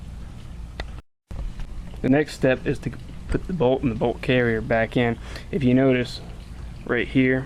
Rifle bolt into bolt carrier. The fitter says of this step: and when you TW when you ride it through it'll twist kind of by its own and it locks in place